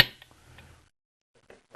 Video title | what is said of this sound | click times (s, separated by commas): Deep Inside your Rotax 503 Aircraft Engine | Just snaps in place | 0.0 s